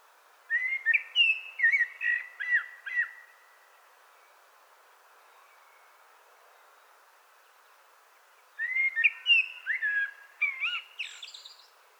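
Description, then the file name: Common blackbird song in two verses: mellow, warbled fluting notes, each verse lasting about three seconds, separated by a silent gap of roughly five seconds. "Turdus merula"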